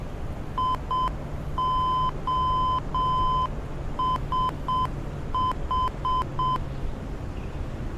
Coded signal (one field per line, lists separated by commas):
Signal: Morse code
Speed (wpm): 7 wpm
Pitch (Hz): 1020 Hz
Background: none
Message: IOSH